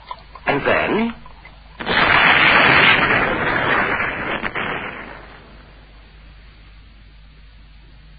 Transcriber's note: explosion effect